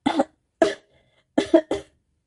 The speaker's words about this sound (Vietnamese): Y ho khan mấy tiếng, lấy tay gạt đi nước đọng trên môi.